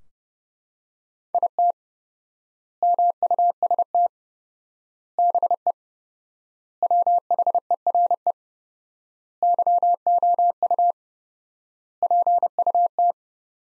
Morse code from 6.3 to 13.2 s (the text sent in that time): WHERE YOU PUT